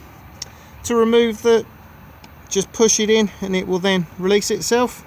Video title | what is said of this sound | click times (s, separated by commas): 48580 Swift Bolero 682FB outside handover | and then the other end plugs in where my finger is just here and will lock into place you will then be able to turn the gas on | 0.4 s